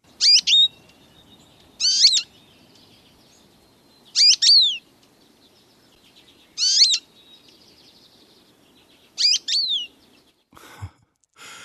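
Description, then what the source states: American Goldfinch calls: five bright, high, twisting notes, spaced roughly every two and a half seconds, with a faint low rumble behind them and a few noise bursts at the end. High-pitched call rather than song; goldfinches breed late and are still nesting in late summer; first fledglings recently out of the nest.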